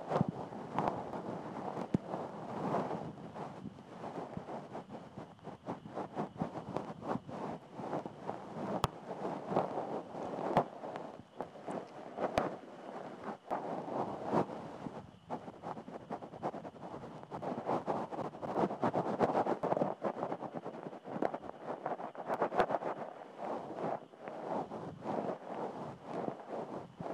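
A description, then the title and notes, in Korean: Ear cleaning with insects chirping in the background: a thin, steady insect tone runs through the whole clip. Over it, dense, rumbling scrapes and rustles swell and fade continuously, broken by frequent sharp clicks and taps, some louder ones near 9, 10 and 20 seconds. 풀벌레 소리가 들리는 귀청소 샵 롤플레이 ASMR.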